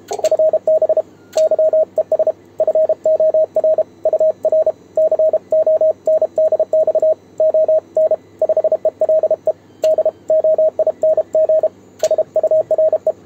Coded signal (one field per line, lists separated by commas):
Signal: Morse code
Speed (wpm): 32 wpm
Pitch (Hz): 630 Hz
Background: radio noise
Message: FB YES FOR UR CONDX ON 5ELE DOING SURE